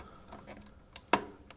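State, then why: Seated. A car radio is slid into the metal DIN sleeve of an American International FMK-550 single-DIN dash kit and pushed until it locks. Faint scrapes and a small tick near 1.0 s lead to one sharp click at 1.1 s, followed by a softer tick at 1.5 s. The radio is locked into place in the sleeve.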